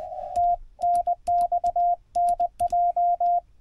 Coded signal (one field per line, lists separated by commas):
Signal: Morse code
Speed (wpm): 20 wpm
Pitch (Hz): 690 Hz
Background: radio noise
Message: TNX NJ